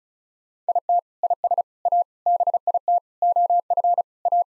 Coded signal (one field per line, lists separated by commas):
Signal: Morse code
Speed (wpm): 34 wpm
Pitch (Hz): 700 Hz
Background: none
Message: IT IS A BIT OF A